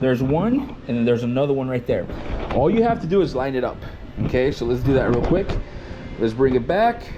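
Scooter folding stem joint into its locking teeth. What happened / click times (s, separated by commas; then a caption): Handled, not yet home: folding joint is being lined up, no seating click / none. Someone talks while handling the folding stem joint of a Drive Scout 3-wheel scooter, lining it up on its red markings and bringing it back toward its locking teeth. Only speech with light handling noise is heard. Nothing has seated or clicked yet.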